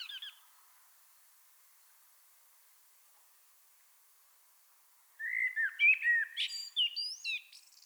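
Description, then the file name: Common blackbird: a brief high note at the start, a long silence, then a rich warbled phrase ending in shrill, scratchy twitters. "Turdus merula"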